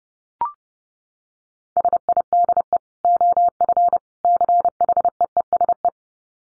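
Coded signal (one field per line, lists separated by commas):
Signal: Morse code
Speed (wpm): 30 wpm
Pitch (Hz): 700 Hz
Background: none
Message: SIDE OF CHEESE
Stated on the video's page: Morse code head-copy drill at 30 wpm of short phrases made almost entirely of dits (E, I, S, H, 5).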